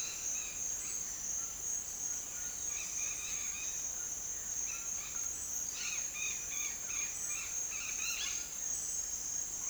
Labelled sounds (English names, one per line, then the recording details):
Red-bellied Macaw
White-throated Toucan
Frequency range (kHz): Red-bellied Macaw 1.0-5.8 kHz; White-throated Toucan 1.1-1.8 kHz
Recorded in secondary vegetation near Puerto Asís, Putumayo, Colombia, on 30 June 2025 at 09:00
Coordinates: 0.499, -76.323
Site G077